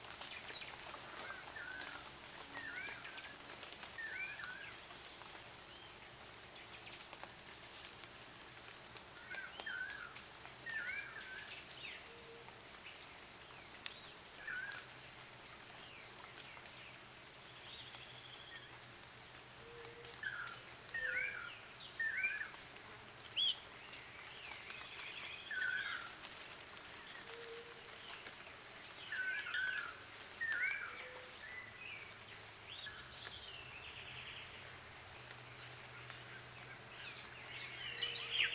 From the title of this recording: Forest after rain